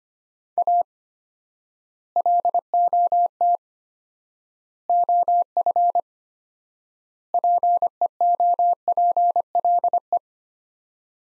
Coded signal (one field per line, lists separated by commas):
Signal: Morse code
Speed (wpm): 25 wpm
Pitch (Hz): 700 Hz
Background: none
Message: A LOT OF PEOPLE